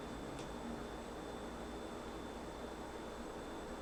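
While the plastic memory compartment cover of a Lenovo ThinkPad E15 is lined up with the small clips on the laptop base again and pressed to clip it on, only a steady broadband hiss with faint high-pitched tones is heard, plus a brief faint high sound near 0.4 s. The cover still has not clipped into place, and nothing has seated or clicked yet.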